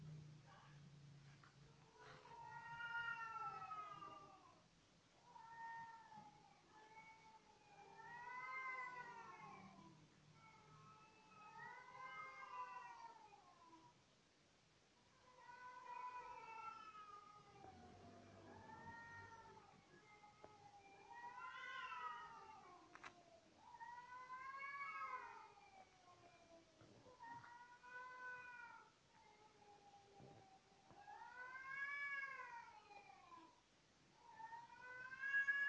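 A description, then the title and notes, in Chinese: A cat meows on the roof again and again, long wavering cries that rise and fall, coming every couple of seconds across the whole stretch with short gaps between. Some calls stretch into drawn-out caterwauling. A low rumble sits underneath, briefly louder near the middle. 貓咪又來我們家的屋頂叫了。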